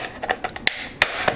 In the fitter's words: Just snaps right in. Very easy. Not hard to do at all.